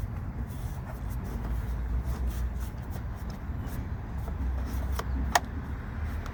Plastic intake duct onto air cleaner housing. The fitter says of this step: I'm here to snap into place all right